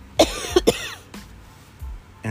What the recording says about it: She's still sick and coughing. I turn the other way and I cover up my mouth.